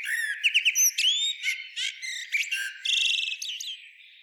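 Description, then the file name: Common blackbird song in quick succession, a tumble of sharp squeaks, rising whistled notes and rattling chatter that fills nearly the whole short stretch. "Turdus merula"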